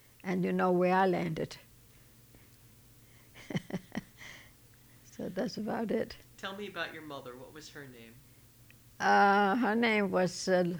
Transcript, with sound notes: And you know where I landed. ( she laughs ) So that's about it.
Tell me about your mother. What was her name?
Uh, her name was